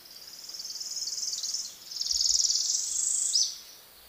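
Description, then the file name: Worm-eating warbler: two dry, rapid buzzy trills in succession, the second slightly louder. Oak hammock, Merritt Island NWR, Florida, 12 April 2018, 8:01 AM. "Worm eating Warbler FL MINWR Oak Hammock"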